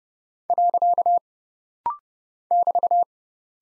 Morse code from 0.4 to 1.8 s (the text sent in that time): .